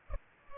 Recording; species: mosquito wingbeat signal from an infrared sensor; Culex pipiens